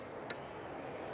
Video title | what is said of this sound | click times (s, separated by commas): Bendix Tech Talk: Air Disc Brake Maintenance and Inspection (BW5126) | your spring clip in it clicks we've got a good solid click it's good to go | 0.3 s